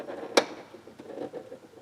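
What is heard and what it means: A screwdriver levers the third brake light housing of a Peugeot 307 SW from inside the tailgate until one plastic retaining pad lets go with a single sharp click at 0.4 s. Only faint, low handling noise follows, and the pad has released so it no longer holds the light.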